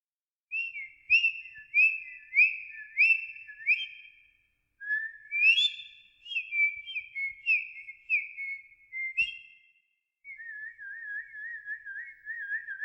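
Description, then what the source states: Bird chirping in a run of clear whistled notes, then further whistled phrases and a wavering trill near the end. Rainforest setting.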